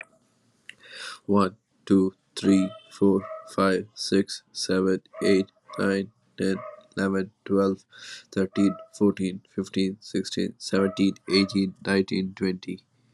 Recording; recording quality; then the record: counting at a normal pace; excellent, no background noise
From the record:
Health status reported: exposed to COVID-19, no respiratory illness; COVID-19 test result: not tested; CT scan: not taken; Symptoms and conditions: cough, cold, breathing difficulty, sore throat, fever, fatigue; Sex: male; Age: 31 years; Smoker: no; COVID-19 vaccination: both doses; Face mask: not worn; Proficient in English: yes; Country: India